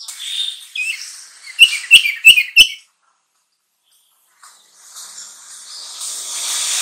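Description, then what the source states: Sooty-headed bulbul song: soft warbling, then four loud clipped chirps in quick succession, silence, and a faint hiss. Song labelled as kutilang trucukan.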